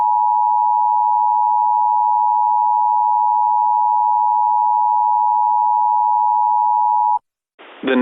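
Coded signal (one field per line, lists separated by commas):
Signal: Emergency Alert System (SAME) tones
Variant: 853 and 960 Hz attention tone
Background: speech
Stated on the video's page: Severe thunderstorm warning EAS template, not a real alert.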